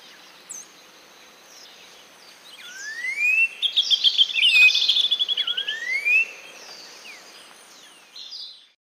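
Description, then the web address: Black-winged saltator song: rising slurred whistles, then a rapid run of sharp repeated notes, ending in another upward slur, with faint high chirps in the background. Recorded in Ecuador. "Natures Songs S America Birds of Ecuador Black-winged Saltator"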